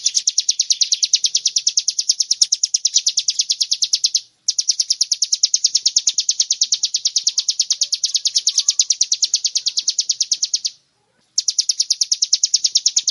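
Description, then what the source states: Bar-winged prinia song: rapid, steady high chips continuing for many seconds and broken by two brief silent gaps. Tutor recording for cage birds.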